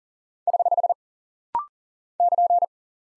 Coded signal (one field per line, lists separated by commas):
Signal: Morse code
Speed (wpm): 40 wpm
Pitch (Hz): 700 Hz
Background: none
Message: <HH> <KN>